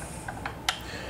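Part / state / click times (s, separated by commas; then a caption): plug-in sensor module into data logger station bus jack / seated / 0.7 s. A plug-in sensor module is slid contacts-down into one of the common-bus jacks of an Onset HOBO RX3000 Series remote monitoring station. Two faint ticks at 0.3 s and 0.5 s come before a sharp, bright snap at 0.7 s, when the module seats in the slot.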